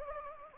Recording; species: mosquito wingbeat signal from an infrared sensor; Anopheles gambiae